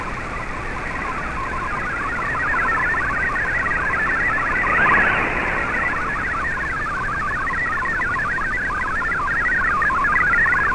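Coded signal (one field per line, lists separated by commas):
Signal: multi-tone FSK (Olivia or MFSK type)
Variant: MFSK32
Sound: rapid warbling melody of hopping tones over shortwave hiss, steady throughout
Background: radio static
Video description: here is my decode of the Shortwave Radiogram broadcast today on 15770Khz shortwave radio at 1300UTC in MFSK32 and 64 and with 10 SSTV images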